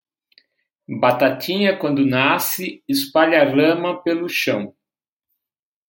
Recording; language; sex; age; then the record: short text; Brazilian Portuguese; male; 50 to 59 years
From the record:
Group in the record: control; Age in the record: 55 years